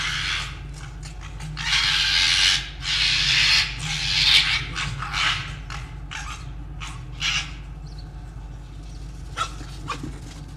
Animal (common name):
Red Fox